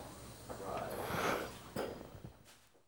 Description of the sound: Ventilator at machine end.